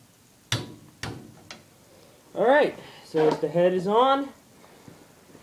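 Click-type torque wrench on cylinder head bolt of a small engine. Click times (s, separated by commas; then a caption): 0.5 s. A click-type torque wrench tightens the next cylinder head bolt to 10 ft-lb on a small Briggs and Stratton engine during a head gasket replacement. A sharp click at 0.5 s shows the wrench reaching torque, followed by two fainter ticks at 1.0 s and 1.5 s. Someone then talks.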